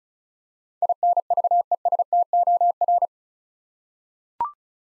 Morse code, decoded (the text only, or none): INVESTOR